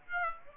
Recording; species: mosquito wingbeat signal from an infrared sensor; Aedes aegypti